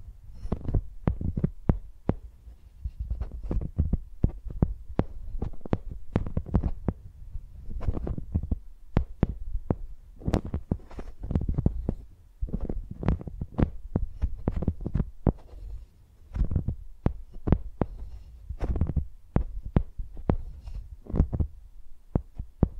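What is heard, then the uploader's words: Microphones are tapped and bumped like pencils in a quick, uneven stream of sharp knocks, each with a deep thud beneath a brief bright click. The taps come several per second throughout, with short pauses around the middle and later on, and no talking. ASMR Using Mics as Pencils (No Talking).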